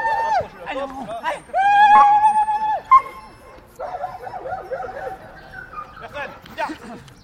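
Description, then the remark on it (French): A dog on a rectangular lawn ringed by stands lets out sharp yips and barks, then long, high-pitched whining whimpers that rise and fall, with people's voices talking in the background throughout. “Avec le chien.”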